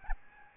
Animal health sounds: mosquito wingbeat signal from an infrared sensor; Aedes albopictus

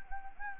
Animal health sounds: mosquito wingbeat signal from an infrared sensor; Anopheles gambiae

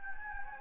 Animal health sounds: mosquito wingbeat signal from an infrared sensor; Anopheles gambiae

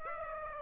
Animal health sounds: mosquito wingbeat signal from an infrared sensor; Aedes aegypti

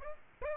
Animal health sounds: mosquito wingbeat signal from an infrared sensor; Aedes aegypti

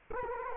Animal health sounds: mosquito wingbeat signal from an infrared sensor; Culex quinquefasciatus

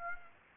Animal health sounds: mosquito wingbeat signal from an infrared sensor; Aedes aegypti

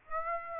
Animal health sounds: mosquito wingbeat signal from an infrared sensor; Aedes aegypti

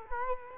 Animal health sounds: mosquito wingbeat signal from an infrared sensor; Culex quinquefasciatus

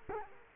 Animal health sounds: mosquito wingbeat signal from an infrared sensor; Culex quinquefasciatus

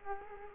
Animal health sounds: mosquito wingbeat signal from an infrared sensor; Culex quinquefasciatus

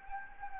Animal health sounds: mosquito wingbeat signal from an infrared sensor; Anopheles gambiae

